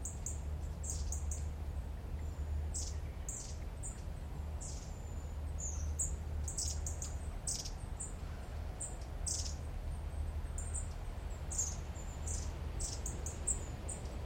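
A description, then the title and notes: High, thin bird chirps repeat rapidly throughout over a steady low rumble and a constant faint hiss in the Park Covert woodland. Park Covert, Holbrook, Suffolk.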